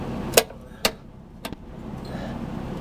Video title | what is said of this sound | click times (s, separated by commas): How to change the fuel filter on a 1994-2004 Mustang. | place and then the fuel line just fits right back over it and snaps in | 0.4 s, 0.9 s